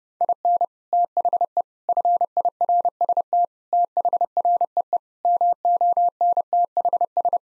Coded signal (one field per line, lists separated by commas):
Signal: Morse code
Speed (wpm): 30 wpm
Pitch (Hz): 700 Hz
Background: none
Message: IN THE FIRST THREE MONTHS